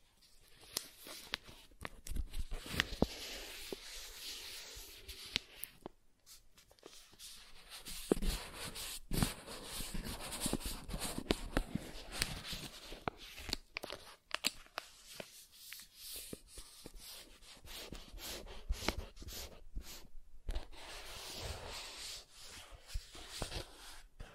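Soft tracing over smooth and rough surfaces, a steady dry rubbing and scratching texture with many small sharp ticks and taps scattered throughout. Brief quieter gaps break it up, around six, fourteen and twenty seconds, before the grainy strokes resume at a similar level.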